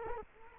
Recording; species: mosquito wingbeat signal from an infrared sensor; Culex quinquefasciatus